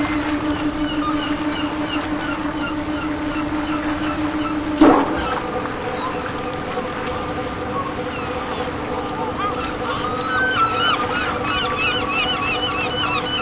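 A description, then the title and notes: Fishing boats idle at a dock with a steady engine hum, a sharp knock near five seconds, and seagull cries growing busier toward the end. Dock With Fishing Boats & Seagulls.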